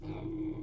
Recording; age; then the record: pig call; weaner (32 to 43 days)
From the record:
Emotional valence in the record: negative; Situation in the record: short isolation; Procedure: open field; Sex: female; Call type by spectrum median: low-frequency call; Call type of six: low-frequency stable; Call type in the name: low-frequency stable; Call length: 0.63 s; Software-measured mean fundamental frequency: 51 Hz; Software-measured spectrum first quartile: 134 Hz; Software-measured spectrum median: 284 Hz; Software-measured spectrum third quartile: 359 Hz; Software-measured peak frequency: 326 Hz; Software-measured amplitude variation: 118 dB a second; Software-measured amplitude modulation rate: 26.1 a second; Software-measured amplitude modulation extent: 4.5 dB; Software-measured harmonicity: 5.9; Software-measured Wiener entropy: -0.02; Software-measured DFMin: 1071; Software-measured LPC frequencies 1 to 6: 328, 924, 2285, 3517, 4551, 7567 Hz